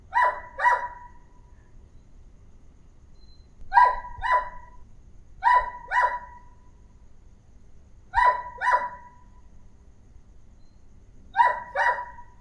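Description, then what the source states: Dog barking in quick doubled barks, five pairs at irregular intervals, over a faint low hum. Small-sized dog.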